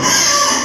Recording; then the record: squeal of a Yucatan mini pig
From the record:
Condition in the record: before surgery on the right vocal fold (resection and tissue-engineered implant); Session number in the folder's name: 2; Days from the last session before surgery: 0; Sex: male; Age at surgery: 12 weeks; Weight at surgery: 13 kg